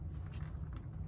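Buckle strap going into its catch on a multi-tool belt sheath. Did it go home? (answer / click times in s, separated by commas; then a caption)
no / none. A buckle strap is pushed toward its catch on a multi-tool belt sheath, but it is the wrong way round and does not go in. Only faint scraping and small ticks at about 0.3, 0.4 and 0.8 seconds rise over a steady low rumble. Nothing has clicked or seated yet.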